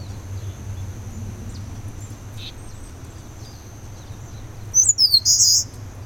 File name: warbler-eastern-crowned -Phylloscopus-coronatus